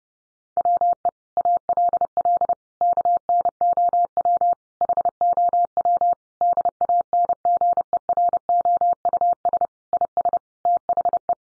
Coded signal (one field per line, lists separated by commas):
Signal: Morse code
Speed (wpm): 30 wpm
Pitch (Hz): 700 Hz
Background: none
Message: WE ALL KNOW HOW DANGEROUS IS THE